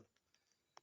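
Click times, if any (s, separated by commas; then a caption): none. A plastic accessory for an Exceline Cyclomax vacuum cleaner is handled near its small storage holder on the vacuum body. There are faint light taps and a sharper tick near 0.8 s. Nothing has seated or clicked into the holder yet.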